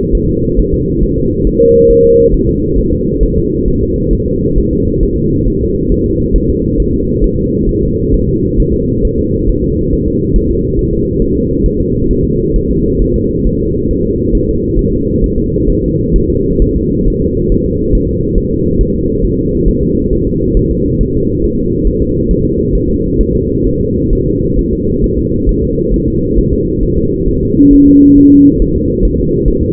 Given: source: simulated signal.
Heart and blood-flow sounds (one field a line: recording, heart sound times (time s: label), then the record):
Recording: fetal heart sounds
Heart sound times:
0.15 s: S1
0.29 s: S2
0.59 s: S1
0.74 s: S2
1.03 s: S1
1.18 s: S2
1.47 s: S1
1.61 s: S2
1.91 s: S1
2.05 s: S2
2.34 s: S1
2.49 s: S2
2.79 s: S1
2.93 s: S2
3.23 s: S1
3.38 s: S2
3.68 s: S1
3.82 s: S2
4.13 s: S1
4.28 s: S2
4.58 s: S1
4.73 s: S2
5.03 s: S1
5.18 s: S2
5.48 s: S1
5.62 s: S2
5.92 s: S1
6.06 s: S2
6.36 s: S1
6.50 s: S2
6.80 s: S1
6.94 s: S2
7.24 s: S1
7.38 s: S2
7.69 s: S1
7.83 s: S2
8.14 s: S1
8.29 s: S2
8.60 s: S1
8.74 s: S2
9.05 s: S1
9.19 s: S2
9.49 s: S1
9.64 s: S2
9.93 s: S1
10.07 s: S2
10.36 s: S1
10.50 s: S2
10.79 s: S1
10.93 s: S2
11.22 s: S1
11.36 s: S2
11.66 s: S1
11.80 s: S2
12.11 s: S1
12.25 s: S2
12.56 s: S1
12.70 s: S2
13.02 s: S1
13.16 s: S2
13.47 s: S1
13.61 s: S2
13.91 s: S1
14.05 s: S2
14.35 s: S1
14.49 s: S2
14.79 s: S1
14.93 s: S2
15.24 s: S1
15.38 s: S2
15.70 s: S1
15.84 s: S2
16.16 s: S1
16.30 s: S2
16.62 s: S1
16.76 s: S2
17.07 s: S1
17.22 s: S2
17.52 s: S1
17.66 s: S2
17.95 s: S1
18.09 s: S2
18.38 s: S1
18.52 s: S2
18.81 s: S1
18.95 s: S2
19.24 s: S1
19.39 s: S2
19.68 s: S1
19.83 s: S2
20.13 s: S1
20.27 s: S2
20.57 s: S1
20.71 s: S2
21.01 s: S1
21.15 s: S2
21.44 s: S1
21.59 s: S2
21.87 s: S1
22.02 s: S2
22.31 s: S1
22.45 s: S2
22.75 s: S1
22.90 s: S2
23.21 s: S1
23.35 s: S2
23.67 s: S1
23.81 s: S2
24.13 s: S1
24.27 s: S2
24.59 s: S1
24.73 s: S2
25.04 s: S1
25.19 s: S2
25.49 s: S1
25.63 s: S2
25.94 s: S1
26.08 s: S2
26.38 s: S1
26.53 s: S2
26.83 s: S1
26.98 s: S2
27.28 s: S1
27.43 s: S2
27.73 s: S1
27.88 s: S2
28.18 s: S1
28.32 s: S2
28.62 s: S1
28.76 s: S2
29.05 s: S1
29.20 s: S2
29.48 s: S1
29.62 s: S2
From the record:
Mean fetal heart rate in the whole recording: 135 bpm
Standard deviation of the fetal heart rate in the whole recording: 3 bpm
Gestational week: 36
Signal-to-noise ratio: -10.2 dB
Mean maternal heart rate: 72 bpm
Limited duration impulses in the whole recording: present